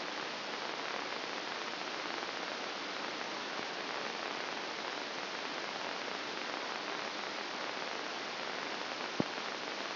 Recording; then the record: brain microelectrode recording played as sound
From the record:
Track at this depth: outside the subthalamic nucleus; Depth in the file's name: 2.972 mm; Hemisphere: left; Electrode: 2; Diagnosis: Parkinson's disease